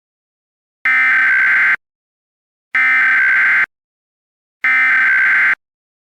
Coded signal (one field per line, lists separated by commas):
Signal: Emergency Alert System (SAME) tones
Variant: header bursts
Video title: EAS Scenario - Over the Mountains and Far Away